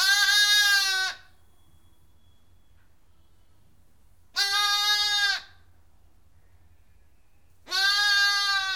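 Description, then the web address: Sheep: lamb gives three loud, tremulous bleats, each roughly a second long, separated by several seconds of quiet. "The BBC Sound Effects Library Livestock Lamb Bleating"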